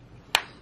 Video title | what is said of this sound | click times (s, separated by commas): Torege Sunglasses Review! (Unboxing) | and then you put the new one in here and it should click in place | 0.3 s